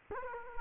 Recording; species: mosquito wingbeat signal from an infrared sensor; Culex quinquefasciatus